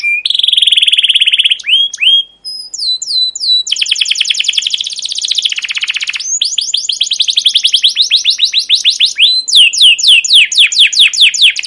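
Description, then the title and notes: Canary song opening with a steady trill, then descending chirps and long, fast, buzzy trills that shift into rising sweeps. Long, rolling, emotive 'cuit cuit' chirping song, used as a lure and tutor for young canaries learning song. "CUIT CUIT NGEROL LANGSUNG GACOR PANJANG Kenari Ini Utk Pancingan KENAR. PANCINGAN Kenari GACOR PANJANG Cuit CUIT EMOSI ini utk MASTERAN Kenari PAUD belajar BUNYI. burung kenari"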